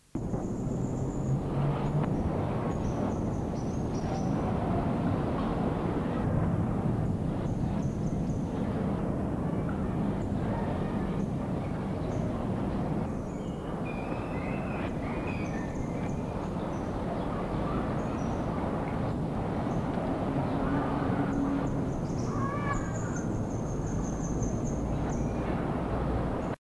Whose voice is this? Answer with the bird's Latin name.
Sericossypha albocristata